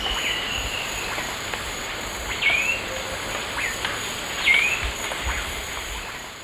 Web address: S America Eastern Lowlands Pipile pipile, tew calls